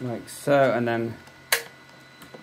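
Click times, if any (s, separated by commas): 1.5 s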